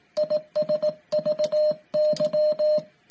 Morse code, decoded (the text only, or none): IS VY